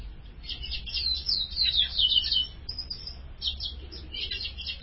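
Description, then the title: Ultramarine grosbeak singing a string of sweet warbled notes, then fainter twittering over a low hum. "Azulao"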